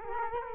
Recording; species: mosquito wingbeat signal from an infrared sensor; Culex quinquefasciatus